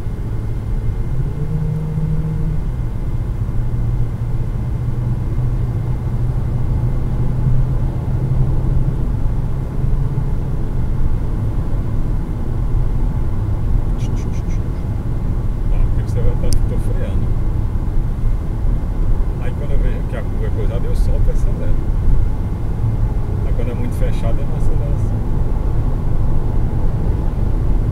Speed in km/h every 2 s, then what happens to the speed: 104, 110, 117, 125, 132, 137, 137, 134, 129, 127, 130, 135, 140, 141.
0-10 speeds up to 137. 10-19 slows to 127. 19-28 speeds up to 141.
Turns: none.